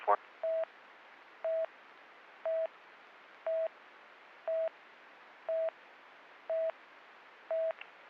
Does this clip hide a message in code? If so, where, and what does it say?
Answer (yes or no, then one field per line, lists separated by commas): no